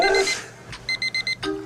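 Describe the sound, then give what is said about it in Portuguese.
A phone rings with a bright electronic tone: a warbling burst, then four quick, evenly spaced high-pitched beeps, fairly loud with no talking over it; the call is from a DJ. “Deixa eu atender o telefone aqui, bebê.”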